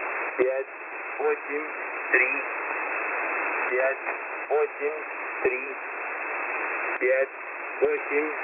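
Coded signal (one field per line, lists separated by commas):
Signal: numbers station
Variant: S06b Russian Man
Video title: S06b Russian Man 26/10/2022 1425 UTC 12203kHz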